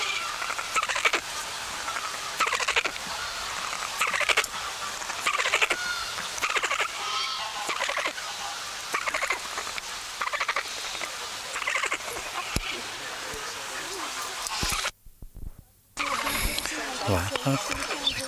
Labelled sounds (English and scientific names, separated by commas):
Northern Bald Ibis (Geronticus eremita) call